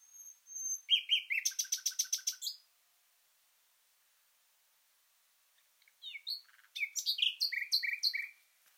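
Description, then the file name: Common nightingale song: a pure high whistle, then rapid repeated buzzy notes in a fast trill, a pause of about three seconds, then another varied phrase of chirps and repeated notes. "Luscinia megarhynchos"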